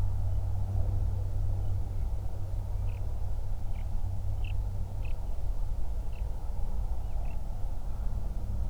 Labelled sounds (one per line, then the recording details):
songbird
flare stack
aircraft
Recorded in the Prudhoe Bay oil fields, Alaska, on 31 July 2019 at 08:43
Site 24